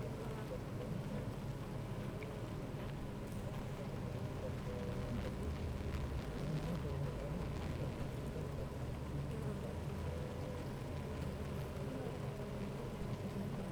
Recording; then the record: honeybee colony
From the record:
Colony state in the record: active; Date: 28 July 2017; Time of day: 8:28